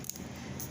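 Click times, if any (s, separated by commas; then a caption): 0.1 s, 0.6 s. The ends of a pair of tweezers pry at the metal lid of a Minwax sealer can, and sharp pops are heard at 0.1 s and 0.6 s as the lid gives way at points on the rim. The lid pops loose and is released.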